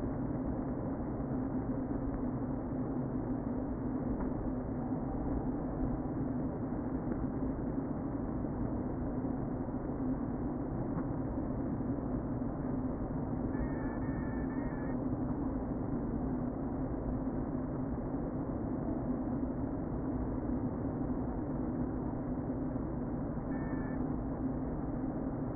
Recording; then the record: honeybee colony, microphone inside the hive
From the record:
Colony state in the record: queen present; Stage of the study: before two queens were removed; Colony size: about 60,000 bees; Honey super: yes